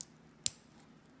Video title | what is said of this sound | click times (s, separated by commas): OMEGA SPEEDMASTER PROFESSIONAL REVIEW (MAN ON THE MOON) | positive clicks | 0.0 s, 0.5 s